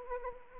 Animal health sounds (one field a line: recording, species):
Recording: mosquito wingbeat signal from an infrared sensor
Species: Anopheles arabiensis